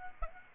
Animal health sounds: mosquito wingbeat signal from an infrared sensor; Aedes aegypti

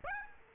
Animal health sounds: mosquito wingbeat signal from an infrared sensor; Aedes aegypti

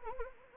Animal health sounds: mosquito wingbeat signal from an infrared sensor; Anopheles arabiensis

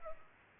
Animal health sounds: mosquito wingbeat signal from an infrared sensor; Culex pipiens

